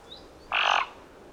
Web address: Thick billed raven. غراب-نوک-کلفت